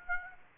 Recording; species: mosquito wingbeat signal from an infrared sensor; Aedes aegypti